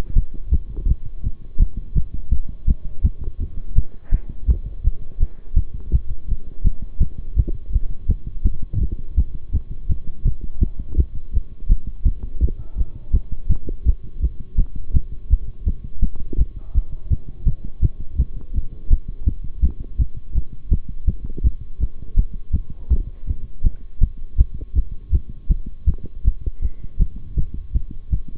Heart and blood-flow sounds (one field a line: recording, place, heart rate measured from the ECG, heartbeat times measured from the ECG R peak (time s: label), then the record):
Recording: heart sounds by stethoscope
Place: between the tricuspid and mitral areas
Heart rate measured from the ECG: 165 bpm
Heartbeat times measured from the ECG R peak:
0.16 s: heartbeat
0.52 s: heartbeat
0.88 s: heartbeat
1.24 s: heartbeat
1.60 s: heartbeat
1.95 s: heartbeat
2.31 s: heartbeat
2.67 s: heartbeat
3.04 s: heartbeat
3.40 s: heartbeat
3.76 s: heartbeat
4.12 s: heartbeat
4.48 s: heartbeat
4.84 s: heartbeat
5.20 s: heartbeat
5.56 s: heartbeat
5.92 s: heartbeat
6.28 s: heartbeat
6.64 s: heartbeat
7.00 s: heartbeat
7.36 s: heartbeat
7.73 s: heartbeat
8.09 s: heartbeat
8.45 s: heartbeat
8.81 s: heartbeat
9.17 s: heartbeat
9.53 s: heartbeat
9.89 s: heartbeat
10.25 s: heartbeat
10.61 s: heartbeat
10.97 s: heartbeat
11.33 s: heartbeat
11.69 s: heartbeat
12.05 s: heartbeat
12.41 s: heartbeat
12.78 s: heartbeat
13.13 s: heartbeat
13.49 s: heartbeat
13.86 s: heartbeat
14.22 s: heartbeat
14.58 s: heartbeat
14.94 s: heartbeat
15.30 s: heartbeat
15.66 s: heartbeat
16.02 s: heartbeat
16.38 s: heartbeat
16.75 s: heartbeat
17.11 s: heartbeat
17.46 s: heartbeat
17.82 s: heartbeat
18.18 s: heartbeat
18.55 s: heartbeat
18.90 s: heartbeat
19.26 s: heartbeat
19.62 s: heartbeat
19.99 s: heartbeat
20.35 s: heartbeat
20.71 s: heartbeat
21.07 s: heartbeat
21.44 s: heartbeat
21.80 s: heartbeat
22.17 s: heartbeat
22.53 s: heartbeat
22.90 s: heartbeat
23.27 s: heartbeat
23.64 s: heartbeat
24.01 s: heartbeat
24.38 s: heartbeat
24.75 s: heartbeat
25.12 s: heartbeat
25.49 s: heartbeat
25.87 s: heartbeat
26.24 s: heartbeat
26.62 s: heartbeat
26.99 s: heartbeat
27.37 s: heartbeat
27.74 s: heartbeat
28.12 s: heartbeat
From the record:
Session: bicycle stress test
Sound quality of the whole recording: good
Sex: male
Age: 23 years